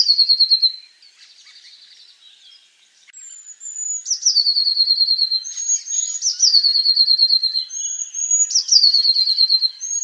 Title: Gelatikbt. Eurasian Blue Tit (Cyanistes caeruleus)